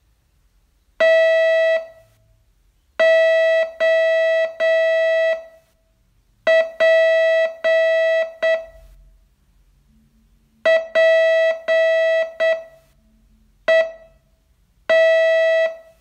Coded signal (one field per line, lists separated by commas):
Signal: Morse code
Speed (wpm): 7 wpm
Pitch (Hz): 650 Hz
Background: none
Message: TOP PET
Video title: Learn Morse in 42 Days from VU2LAU - day 30 test